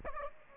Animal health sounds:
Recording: mosquito wingbeat signal from an infrared sensor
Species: Aedes aegypti

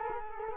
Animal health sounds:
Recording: mosquito wingbeat signal from an infrared sensor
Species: Culex quinquefasciatus

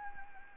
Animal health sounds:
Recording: mosquito wingbeat signal from an infrared sensor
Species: Anopheles gambiae

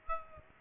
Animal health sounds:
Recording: mosquito wingbeat signal from an infrared sensor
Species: Aedes aegypti

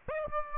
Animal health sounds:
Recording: mosquito wingbeat signal from an infrared sensor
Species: Aedes aegypti

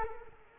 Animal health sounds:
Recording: mosquito wingbeat signal from an infrared sensor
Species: Culex quinquefasciatus

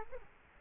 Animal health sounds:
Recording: mosquito wingbeat signal from an infrared sensor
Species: Culex quinquefasciatus

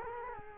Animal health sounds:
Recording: mosquito wingbeat signal from an infrared sensor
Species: Culex quinquefasciatus

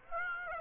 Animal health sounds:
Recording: mosquito wingbeat signal from an infrared sensor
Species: Aedes aegypti

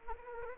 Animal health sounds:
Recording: mosquito wingbeat signal from an infrared sensor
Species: Anopheles gambiae

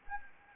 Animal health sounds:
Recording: mosquito wingbeat signal from an infrared sensor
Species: Anopheles arabiensis

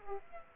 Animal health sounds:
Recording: mosquito wingbeat signal from an infrared sensor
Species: Aedes aegypti

